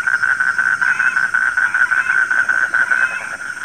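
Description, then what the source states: Frogs calling in a fast, rhythmic chorus of pulsed croaks over a steady high hiss. Frogs recorded at night.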